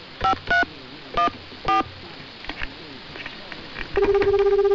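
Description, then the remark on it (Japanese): Four short electronic keypad beeps in an uneven rhythm as a phone number is dialed on a phone, each a clean two-tone chord, then a few faint taps before a steady pulsing ringback tone starts and continues to the end; the call goes unanswered. “ほう、電話番号知ってるってことか。 知ってます、知ってます。普通に押していい。”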